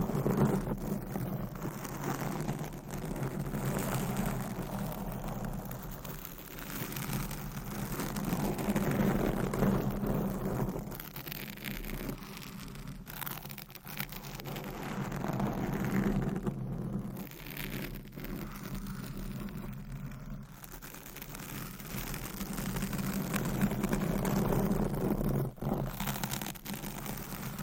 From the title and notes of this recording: Mic Scratching - Brain Scratching on 10 Different Mics Asmr No Talking.